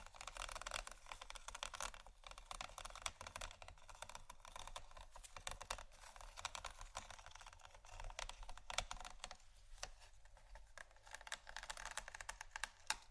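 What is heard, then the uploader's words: Scratching and tapping go on throughout, a dense run of quick, crisp clicks and scrapes much like fast typing. The sharp, bright strokes come in uneven bursts with brief pauses. A low steady hum sits underneath the whole time. ASMR Scratching & Tapping For Sleep（No Talking）.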